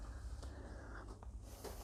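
A new fuel pressure regulator for a Td5 diesel engine is pressed into its bore in the fuel housing with a vice, so that the small seal on its end pops into a small hole. Over a low steady hum, a soft knock comes at 0.4 s, and a sharp short click at 1.2 s marks the regulator seating in place.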